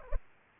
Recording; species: mosquito wingbeat signal from an infrared sensor; Culex pipiens